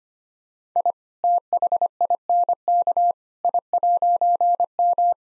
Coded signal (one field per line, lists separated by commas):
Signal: Morse code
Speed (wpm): 25 wpm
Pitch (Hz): 700 Hz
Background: none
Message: I THINK I'M